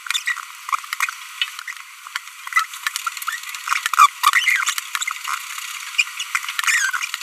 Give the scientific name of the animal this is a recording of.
Forpus passerinus